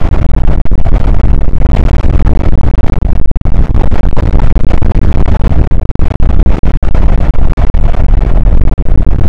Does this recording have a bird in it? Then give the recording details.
no. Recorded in the Prudhoe Bay oil fields, Alaska, on 8 May 2019 at 00:04. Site 24